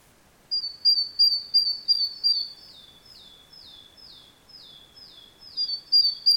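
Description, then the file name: Great tit calls, a series of high, thin, down-slurred notes repeated about three times a second, louder at the start and end and softer in the middle. "Parus major"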